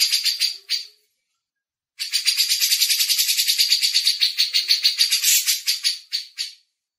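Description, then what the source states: Grey-cheeked bulbul chattering: a short burst of buzzy notes, a silent gap, then a long rapid series of rasping notes. Masteran training audio.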